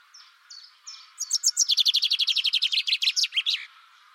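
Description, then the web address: Bird calls: three spaced high chirps, then a rapid run of sharp notes lasting about two and a half seconds. "Deverinetal. Bird Only"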